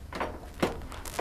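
A headset bearing is pushed upward with a little pressure into its race or cup on a BMX fork. It pops into place with sharp clicks at 0.6 s and 0.9 s over faint handling noise, and the bearing is seated.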